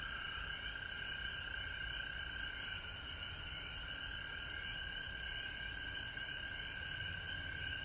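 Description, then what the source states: Frog chorus, many overlapping calls forming a continuous trilling wash that holds steady throughout, over a low background rumble. Recorded at home in Georgia on March 19, 2020.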